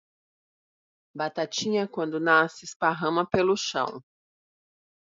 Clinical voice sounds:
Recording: short text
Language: Brazilian Portuguese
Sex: female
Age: 50 to 59 years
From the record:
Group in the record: control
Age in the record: 50 years

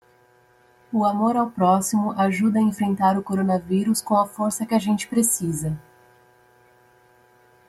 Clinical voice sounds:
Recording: spoken sentence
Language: Brazilian Portuguese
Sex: female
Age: 30 to 39 years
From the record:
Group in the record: control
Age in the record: 34 years

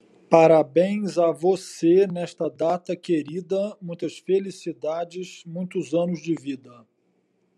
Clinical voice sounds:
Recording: short text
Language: Brazilian Portuguese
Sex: male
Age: 50 to 59 years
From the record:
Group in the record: control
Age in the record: 53 years

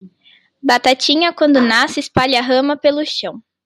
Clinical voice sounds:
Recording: short text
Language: Brazilian Portuguese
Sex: female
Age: 18 to 19 years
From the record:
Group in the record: control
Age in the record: 18 years

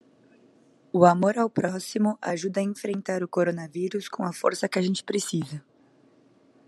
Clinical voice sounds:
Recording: spoken sentence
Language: Brazilian Portuguese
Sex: female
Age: 20 to 29 years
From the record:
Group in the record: control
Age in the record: 24 years

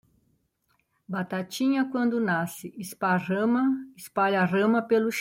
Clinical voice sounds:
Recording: short text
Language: Brazilian Portuguese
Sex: female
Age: 60 to 69 years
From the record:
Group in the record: control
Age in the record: 65 years

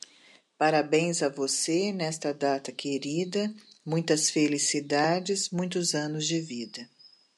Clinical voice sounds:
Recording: short text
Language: Brazilian Portuguese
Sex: female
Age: 50 to 59 years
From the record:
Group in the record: control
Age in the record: 59 years

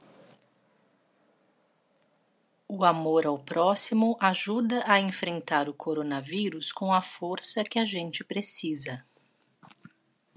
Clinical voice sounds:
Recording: spoken sentence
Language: Brazilian Portuguese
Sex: female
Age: 40 to 49 years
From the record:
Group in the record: control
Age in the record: 43 years

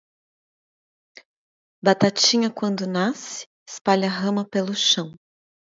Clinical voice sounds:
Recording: short text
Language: Brazilian Portuguese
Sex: female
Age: 30 to 39 years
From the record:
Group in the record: control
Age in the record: 31 years

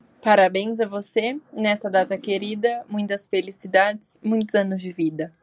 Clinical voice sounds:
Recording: short text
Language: Brazilian Portuguese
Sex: male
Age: 20 to 29 years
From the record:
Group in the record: control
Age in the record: 26 years

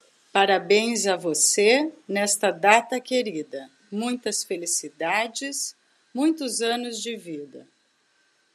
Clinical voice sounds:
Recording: short text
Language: Brazilian Portuguese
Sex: female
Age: 40 to 49 years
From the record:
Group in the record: control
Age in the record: 49 years

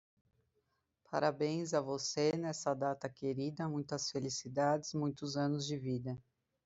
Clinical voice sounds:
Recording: short text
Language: Brazilian Portuguese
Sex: female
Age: 30 to 39 years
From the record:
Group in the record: control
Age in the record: 37 years

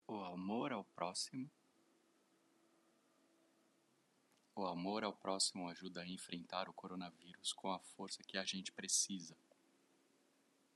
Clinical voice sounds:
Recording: spoken sentence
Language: Brazilian Portuguese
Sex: male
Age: 40 to 49 years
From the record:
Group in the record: control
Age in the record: 40 years

